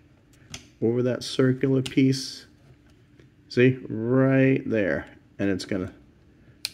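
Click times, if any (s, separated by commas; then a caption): 6.6 s. Someone talks while a notch on a plastic Transformers action figure part is slid over a circular plastic tab during transformation. At 6.7 seconds, a sharp, brief click is heard as the notch seats over the tab and clicks into place.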